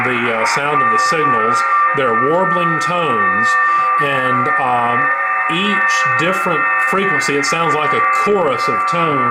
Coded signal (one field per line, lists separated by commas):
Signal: FT8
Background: speech